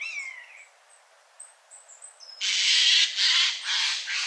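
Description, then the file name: Eurasian jay: a soft descending mewed whistle and scattered thin high notes, then three loud, grating, rasping screeches in a rapid run. "Garrulus glandarius"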